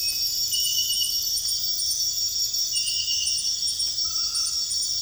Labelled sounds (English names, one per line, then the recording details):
none
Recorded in dense forest near Puerto Asís, Putumayo, Colombia, on 9 March 2025 at 03:30
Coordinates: 0.484, -76.325
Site G045